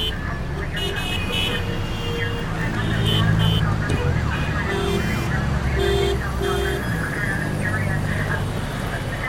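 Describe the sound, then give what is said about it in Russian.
Car sirens and hazard warning tones sound over the noise of a traffic jam, with steady high wails and repeating beeps layered on a constant loud engine rumble throughout. “Вокруг сирены машин и сигнал опасности.”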